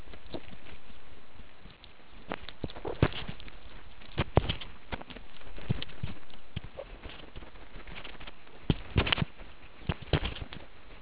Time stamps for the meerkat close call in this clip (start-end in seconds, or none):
2.85-2.94, 6.79-6.84